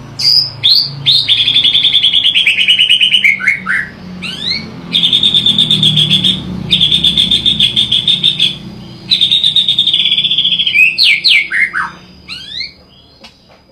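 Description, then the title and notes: White-rumped Shama singing several long, rapid buzzy trills, some ending in swooping whistles, with short pauses between them. "MURAI BATU MONSTER. Murai Gilaa"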